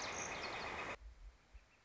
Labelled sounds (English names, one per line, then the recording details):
Northern Flicker
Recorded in Sonoma County, California